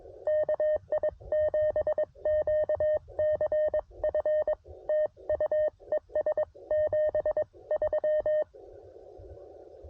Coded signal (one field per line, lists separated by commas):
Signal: Morse code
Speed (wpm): 22 wpm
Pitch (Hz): 610 Hz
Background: none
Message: KI7QCF TU ES 73